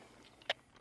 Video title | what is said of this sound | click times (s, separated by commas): Parrot ANAFI First Flight | this but you take it off put the phone in there without a cover on it pops right in the | 0.5 s